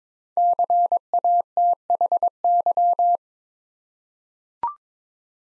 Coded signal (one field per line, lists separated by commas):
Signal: Morse code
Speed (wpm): 22 wpm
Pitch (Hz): 700 Hz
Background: none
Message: CATHY